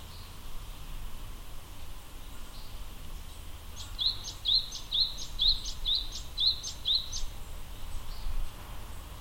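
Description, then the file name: Japanese tit delivering one phrase of seven sharp, repeated two-note elements in a steady rhythm, set against continuous low-pitched background rumble. Recorded at Akasaka on 2 March 2022. "sijuukara 20220302 akasaka"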